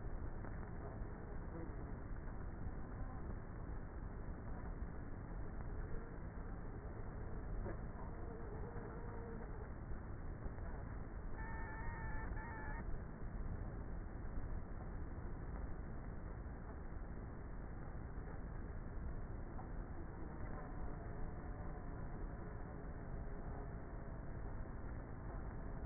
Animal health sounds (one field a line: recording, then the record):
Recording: honeybee colony, microphone inside the hive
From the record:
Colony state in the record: queenless with a low population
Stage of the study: before two queens were removed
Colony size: about 30,000 bees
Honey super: no